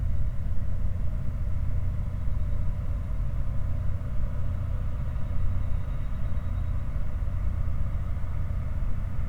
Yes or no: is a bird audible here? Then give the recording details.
no. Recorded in the Prudhoe Bay oil fields, Alaska, on 16 August 2019 at 04:23. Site 29